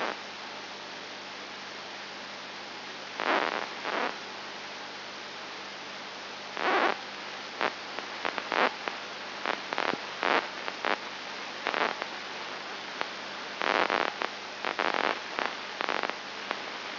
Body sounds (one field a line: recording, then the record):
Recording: brain microelectrode recording played as sound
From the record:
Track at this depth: outside the subthalamic nucleus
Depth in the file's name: 5.9 mm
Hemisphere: left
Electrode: 2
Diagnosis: Parkinson's disease